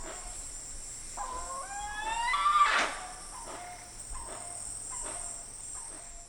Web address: Natures Songs S America Eastern Lowlands Penelope jacquacu, group scold